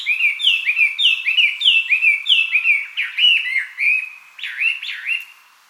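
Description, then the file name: Chinese hwamei singing a string of repeated rising-and-falling whistled phrases, about two per second, ending with looping slurred notes. Recorded 24 May 2007. "gabityo"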